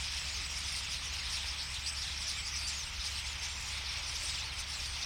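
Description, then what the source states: Common starling flock chattering, a dense, continuous wash of high squeaky and buzzy notes, with a low steady rumble underneath. Flock singing in a tree at Boldixumstieg, Nieblum, Germany; Zoom H3-VR ambisonic recording rendered binaural.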